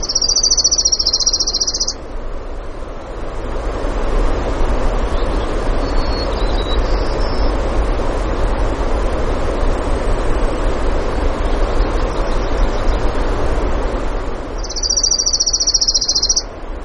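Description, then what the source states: Orange-crowned warbler singing two rapid high trills, one at the start and one near the end, with faint chips between them and a constant rushing noise. Denali, Alaska; 16 June 2016, 05:32, early morning.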